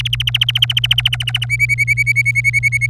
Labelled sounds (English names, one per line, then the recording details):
Domestic Canary song
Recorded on 27 April 2018 at 08:30
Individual llb3